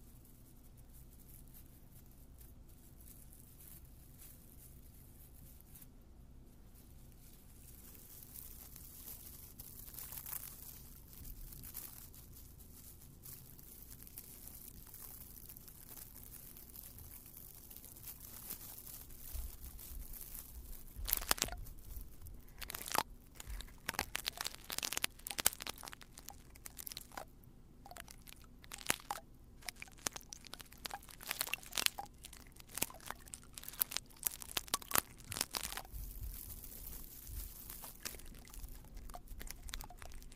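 Ear cleaning with odd objects: scratchy crinkling and crunching, sparse at first, grows busier after twenty seconds with sharp rustling bursts and scrapes.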